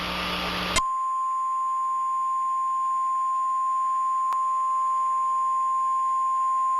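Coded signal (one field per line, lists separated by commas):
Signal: Emergency Alert System (SAME) tones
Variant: 1050 Hz attention tone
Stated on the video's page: Tornado warning EAS scenario; fictional, not a real alert.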